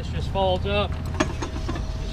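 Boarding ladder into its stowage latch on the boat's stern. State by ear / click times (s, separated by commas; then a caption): seated / 1.2 s. Someone talks while folding up the stern boarding ladder on a Triton 220 LTS boat and stowing it into its latch. A single sharp hit at 1.2 s marks the ladder seating and locking in its stowed position.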